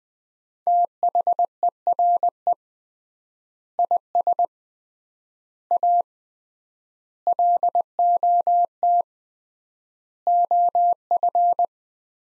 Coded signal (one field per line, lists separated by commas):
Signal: Morse code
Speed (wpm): 20 wpm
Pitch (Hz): 700 Hz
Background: none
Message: THERE IS A LOT OF